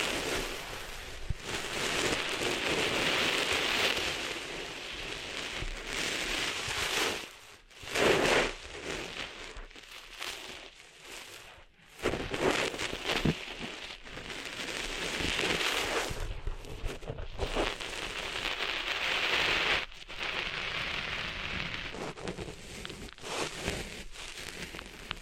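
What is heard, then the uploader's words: Gritty, rain-like scratching and rustling of sand being cleaned out of ears runs densely throughout, with brief pauses near 8, 12 and 17 seconds. ASMR Cleaning Sand Out of Your Ears (No Talking).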